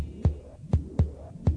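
A heartbeat sound effect in a station jingle for the community radio station FM Moreno 90.1: four deep, booming low thumps in an uneven lub-dub rhythm, each fading quickly over a faint steady hum, with no voices.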